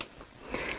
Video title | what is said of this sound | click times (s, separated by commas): iPad Screen Colours Distorted MiracleMAX | then you pop your latch back over again hear it click | 0.0 s